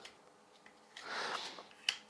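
A metal wire fan retention clip is pushed into its notch on the fin stack of a Noctua NH-D15 / NH-U12 CPU cooler after a first try was not tight enough. Soft handling rustle and a broad scraping swell from about 1.0 to 1.6 s lead up to a sharp, bright click at 1.9 s. The clip pops into the fins and seats.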